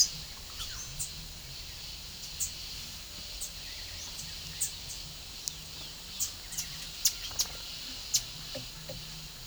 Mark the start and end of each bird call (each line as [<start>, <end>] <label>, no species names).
[0.53, 1.06] bird call
[2.35, 2.52] bird call
[3.32, 3.55] bird call
[4.07, 5.05] bird call
[6.13, 7.58] bird call
[8.13, 8.24] bird call